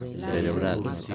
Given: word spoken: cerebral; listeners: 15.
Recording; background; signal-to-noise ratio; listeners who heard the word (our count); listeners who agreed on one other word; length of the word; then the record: one Spanish word in noise, from a listening test; eight-talker babble; 0.6 dB; 2 of 15; 12 of 15; 0.75 s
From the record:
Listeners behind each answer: 12, 2, 1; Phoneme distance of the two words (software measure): 20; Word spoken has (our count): 3 syllables, 8 phonemes, stress on syllable 3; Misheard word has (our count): 3 syllables, 8 phonemes, stress on syllable 3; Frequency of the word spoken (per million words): 16.78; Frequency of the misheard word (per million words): 23.64